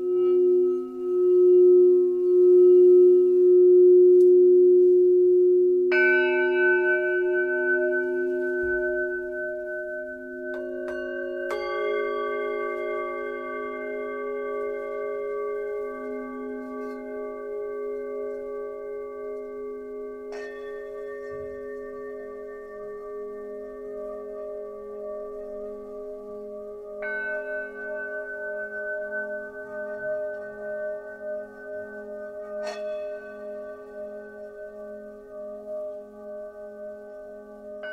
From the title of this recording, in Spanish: Meditación con cuencos